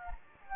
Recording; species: mosquito wingbeat signal from an infrared sensor; Anopheles gambiae